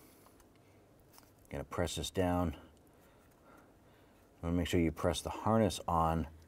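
A plastic harness connector with a red lock tab is lined up and pressed toward a fuel injector on a 2011–2018 Ram 1500 while someone talks, with faint handling taps near 0.4, 1.2 and 2.8 seconds. Nothing has seated or clicked yet; the clip ends before the connector goes home.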